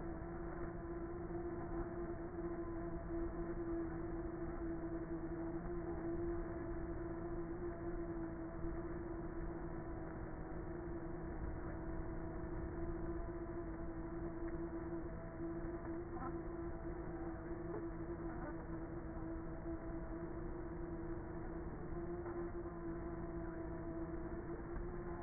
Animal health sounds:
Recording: honeybee colony, microphone inside the hive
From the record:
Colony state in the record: queenless with a low population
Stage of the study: before two queens were removed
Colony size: about 30,000 bees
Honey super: no

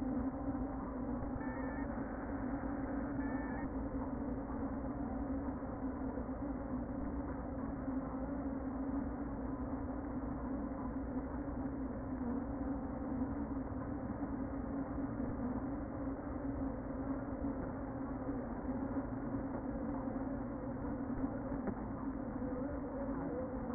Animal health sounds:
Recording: honeybee colony, microphone inside the hive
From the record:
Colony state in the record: queen present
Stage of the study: before two queens were removed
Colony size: about 60,000 bees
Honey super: yes

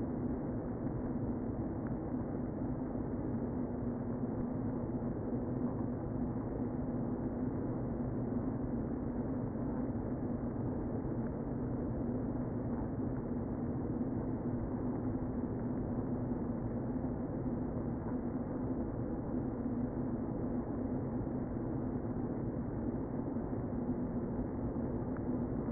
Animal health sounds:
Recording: honeybee colony, microphone inside the hive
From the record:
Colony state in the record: queen present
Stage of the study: before two queens were removed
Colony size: about 60,000 bees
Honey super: yes

